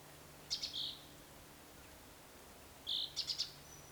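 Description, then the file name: Great tit giving two brief call bursts, each a quick cluster of high, sharp notes with a short buzzy element, about two and a half seconds apart. "Parus major"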